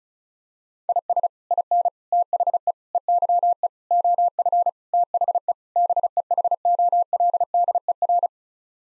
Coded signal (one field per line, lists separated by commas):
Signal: Morse code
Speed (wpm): 34 wpm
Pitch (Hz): 700 Hz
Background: none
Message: IS IN THE EYE OF THE BEHOLDER